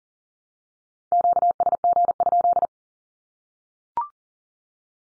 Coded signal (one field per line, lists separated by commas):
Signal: Morse code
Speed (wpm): 40 wpm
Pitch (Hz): 700 Hz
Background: none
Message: QSG?